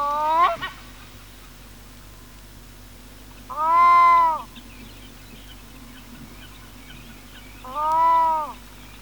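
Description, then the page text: Black-throated loon calls, rich harmonic notes about a second long, repeated roughly every four seconds, with a brief cut-off note at the start. "Голоса птиц - Чернозобая гагара"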